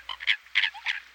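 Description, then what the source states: American Coot grunting and croaking, several rough bursts in just over a second. Coots calling to one another on a still lake on a calm winter morning; cackling, grunting and croaking calls.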